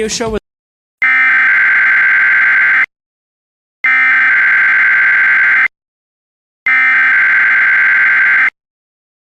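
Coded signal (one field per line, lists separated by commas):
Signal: Emergency Alert System (SAME) tones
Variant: header bursts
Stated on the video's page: Mock Required Monthly Test recreation with self-made EAS tones.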